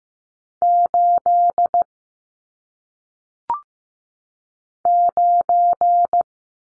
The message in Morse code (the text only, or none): 8 9